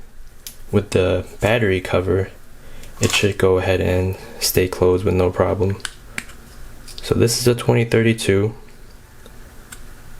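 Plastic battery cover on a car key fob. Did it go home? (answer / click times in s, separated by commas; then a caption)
no / none. Someone talks while pressing the plastic battery cover closed on a VW MK7 Golf GTI R car key fob fitted with a thicker CR2032 coin cell in place of a CR2025. A few brief taps and knocks sound between the speech, but the cover does not snap shut the way it does with the CR2025, and nothing has seated or clicked.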